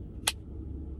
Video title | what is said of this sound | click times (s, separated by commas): I got me a Lil Buddy | windows up uh the sheath has a nice click to it also | 0.3 s